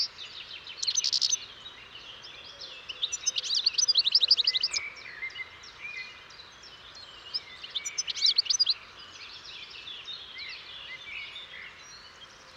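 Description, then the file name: European goldfinch singing in quick twittering outbursts of liquid chirps and trills, with softer chattering continuing faintly between the louder phrases. "Carduelis carduelis"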